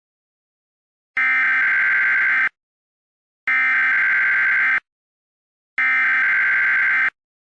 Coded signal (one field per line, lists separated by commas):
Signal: Emergency Alert System (SAME) tones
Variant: header bursts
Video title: Fake North Korea Attack Prank: Emergency Alert System (EAS)